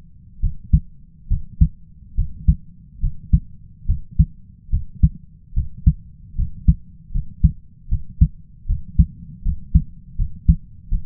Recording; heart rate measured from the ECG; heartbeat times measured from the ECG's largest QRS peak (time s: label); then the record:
heart sounds by stethoscope; 74 bpm
0.40 s: heartbeat
1.28 s: heartbeat
2.15 s: heartbeat
3.00 s: heartbeat
3.86 s: heartbeat
4.70 s: heartbeat
5.54 s: heartbeat
6.35 s: heartbeat
7.11 s: heartbeat
7.89 s: heartbeat
8.66 s: heartbeat
9.42 s: heartbeat
10.16 s: heartbeat
10.89 s: heartbeat
From the record:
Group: healthy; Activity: rest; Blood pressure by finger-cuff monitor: 139/78 mmHg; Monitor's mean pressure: 92 mmHg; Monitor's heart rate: 71 bpm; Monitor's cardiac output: 5.4 L/min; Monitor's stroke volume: 76 mL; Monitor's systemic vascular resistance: 1230 dyn s/cm5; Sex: male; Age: 20 years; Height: 167 cm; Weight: 61 kg